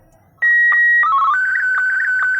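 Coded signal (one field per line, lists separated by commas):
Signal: SSTV (slow-scan television)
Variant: Martin 1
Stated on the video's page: SSTV audio tones generated from text and images with Python pysstv, played through a speaker in an air-gap exfiltration demonstration.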